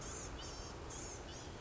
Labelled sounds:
Blue-gray Gnatcatcher (Polioptila caerulea)
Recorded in Sonoma County, California

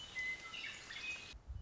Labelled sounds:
Western Meadowlark (Sturnella neglecta)
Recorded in Sonoma County, California

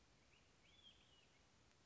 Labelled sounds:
Olive-sided Flycatcher (Contopus cooperi)
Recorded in Sonoma County, California

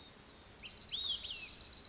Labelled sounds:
Olive-sided Flycatcher (Contopus cooperi)
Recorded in Sonoma County, California

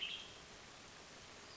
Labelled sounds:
Western Tanager (Piranga ludoviciana)
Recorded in Sonoma County, California

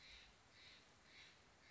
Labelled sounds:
Steller's Jay (Cyanocitta stelleri)
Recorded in Sonoma County, California

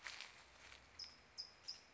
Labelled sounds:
California Towhee (Melozone crissalis)
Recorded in Sonoma County, California

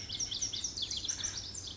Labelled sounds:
Pacific Wren (Troglodytes pacificus)
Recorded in Sonoma County, California

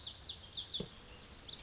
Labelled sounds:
Lazuli Bunting (Passerina amoena)
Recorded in Sonoma County, California

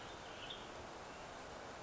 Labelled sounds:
Western Tanager (Piranga ludoviciana)
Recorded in Sonoma County, California

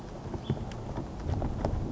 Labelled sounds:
House Finch (Haemorhous mexicanus)
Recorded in Sonoma County, California

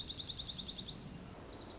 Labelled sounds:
Dark-eyed Junco (Junco hyemalis)
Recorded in Sonoma County, California

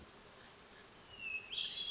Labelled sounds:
Hermit Thrush (Catharus guttatus)
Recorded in Sonoma County, California

